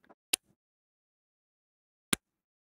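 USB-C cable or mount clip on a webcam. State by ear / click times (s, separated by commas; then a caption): seated / 0.3 s, 2.1 s. A HyperX Vision S webcam part, either the USB-C cable going into its port or the padded mount clipping onto the monitor, is fitted into place. Two sharp clicks ring out at 0.3 s and 2.1 s, with faint handling noise before the first. The part clicks into place and seats, and the padding means the click does no damage.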